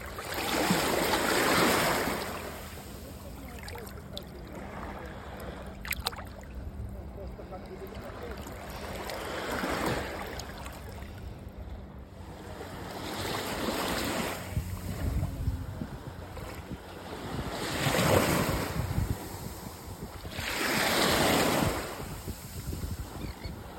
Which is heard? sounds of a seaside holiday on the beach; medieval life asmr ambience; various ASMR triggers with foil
sounds of a seaside holiday on the beach